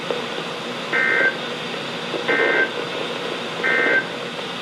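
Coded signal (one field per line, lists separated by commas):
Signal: Emergency Alert System (SAME) tones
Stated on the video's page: NOAA Weather Radio severe thunderstorm alerts on 162.475 and 162.450 MHz, received on Sangean CL100, Midland WR120EZ and Reecom R1650 radios.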